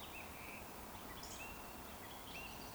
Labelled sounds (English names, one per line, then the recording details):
Eurasian Woodcock whistle
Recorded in Baden-Württemberg, Germany, on 11 June 2020 at 19:55 UTC
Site 14569, 102 m above sea level